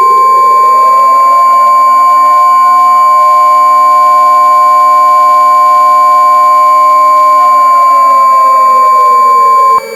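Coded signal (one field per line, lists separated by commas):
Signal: Emergency Alert System (SAME) tones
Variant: 1050 Hz attention tone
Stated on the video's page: Fictional EAS scenario.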